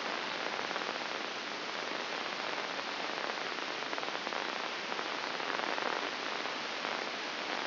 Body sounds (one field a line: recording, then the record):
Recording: brain microelectrode recording played as sound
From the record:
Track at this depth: inside the subthalamic nucleus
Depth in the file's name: 6.061 mm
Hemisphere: left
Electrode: 2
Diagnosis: Parkinson's disease